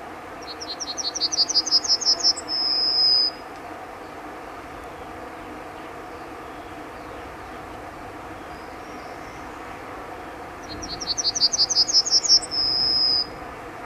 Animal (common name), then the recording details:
Yellowhammer. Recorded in the wild. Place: Jagstheim, Baden-Württemberg, DE. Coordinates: 48.8881, 10.39. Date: 1971-05-31. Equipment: Uher Report 4200, AKG D190C in Doppel-Parabolreflektor. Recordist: Krey, Winfried